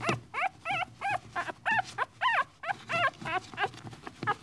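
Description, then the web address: Dog: puppy whining in a quick series of short, high, wavering cries, each bending up and down in pitch. "щенок"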